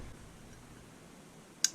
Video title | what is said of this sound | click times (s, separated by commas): STNGR Axiom Red Dot Review | like a double click so one and the two to let you know it's in there | 1.6 s